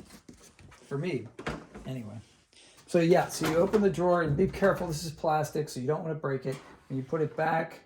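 Someone talks while handling the plastic detergent dispenser drawer of a Cabrio top-load washing machine, opening it and starting to push it back into its slot. Faint handling knocks are heard around 0.3 and 0.6 seconds under the talk. The drawer has not yet snapped into place; nothing has seated or clicked.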